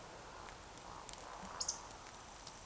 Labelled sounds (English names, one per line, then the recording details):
Eurasian Woodcock whistle
Eurasian Woodcock croak
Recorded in Baden-Württemberg, Germany, on 28 June 2020 at 02:31 UTC
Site 43791, 788 m above sea level